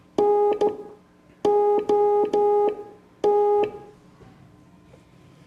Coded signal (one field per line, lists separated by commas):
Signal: Morse code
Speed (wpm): 14 wpm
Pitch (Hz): 410 Hz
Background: music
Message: NOT